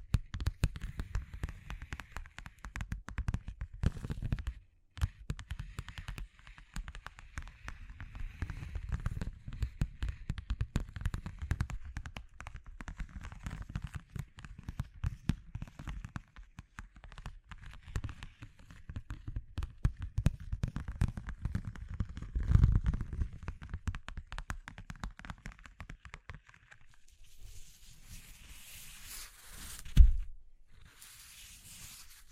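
Dense, crackly tapping and scratching over textured surfaces runs almost continuously, with a low thudding underneath and a brief pause near five seconds. After about 27 seconds the sound thins into softer brushing, broken by one sharp knock around 30 seconds.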